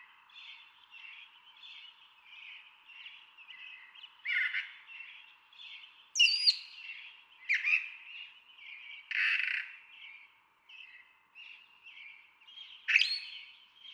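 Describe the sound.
Brown Thrasher song: a steady stream of varied phrases, some soft and twittering, others loud and harsh, with sharp high notes mixed in.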